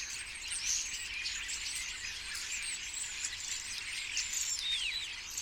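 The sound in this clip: Common starlings chattering, a continuous wash of squeaks and clicks with a few clear downslurred whistles standing out near the end.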